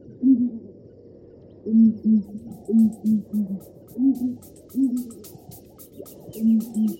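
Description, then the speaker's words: Southern ground hornbill booming calls, deep hooting booms in pairs and short series. Several southern ground hornbills in South Africa giving low-pitched booming calls. "Here's the actual low-pitched booming calls of some southern ground hornbills in South Africa."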